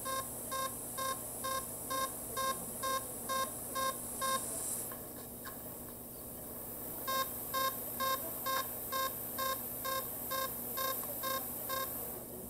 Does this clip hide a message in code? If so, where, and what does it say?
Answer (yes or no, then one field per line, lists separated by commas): no